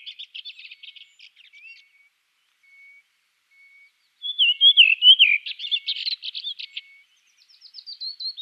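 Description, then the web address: Redwing singing a scratchy twitter, a pause with faint thin notes, then a loud descending whistled phrase followed by more chattering twitter. "Schulze Peter Redwing song"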